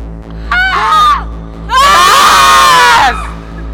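A woman lets out two loud, high-pitched screams of rage: a short strained cry, then a longer sustained one that wavers before breaking off, with no talking around them.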